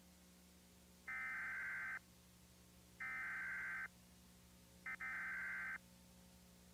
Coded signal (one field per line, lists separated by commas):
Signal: Emergency Alert System (SAME) tones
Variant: header bursts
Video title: An Unfinished EAS Scenario.